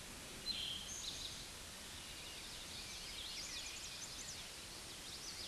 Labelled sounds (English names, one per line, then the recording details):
Eastern Towhee song
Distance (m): 20 m
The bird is about 5 m above the microphone
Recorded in a Pennsylvania forest on 16 May 2024 at 09:22
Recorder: AudioMoth, point MSD-1307
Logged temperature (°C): 16.6 °C
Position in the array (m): 203 m, 140 m